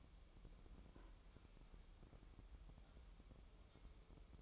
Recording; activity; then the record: daily activity, microphone in the room; open fridge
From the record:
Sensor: 1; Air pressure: 988.4 hPa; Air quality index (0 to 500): 199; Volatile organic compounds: 1000 ppm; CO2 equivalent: 5324 ppm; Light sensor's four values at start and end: 26/98/37/39 and 26/98/37/39